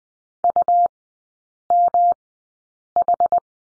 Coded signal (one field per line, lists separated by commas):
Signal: Morse code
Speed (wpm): 20 wpm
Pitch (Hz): 700 Hz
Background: none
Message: UMH